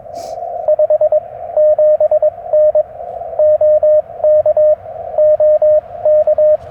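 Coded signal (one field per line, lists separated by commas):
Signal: Morse code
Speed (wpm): 21 wpm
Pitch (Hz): 610 Hz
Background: radio noise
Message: 57N OK OK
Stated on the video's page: CW Parks on the Air activation at 100 watts, Yaesu FT-891, Chelegance MC-750 antenna, BaMaKeY TP-III key.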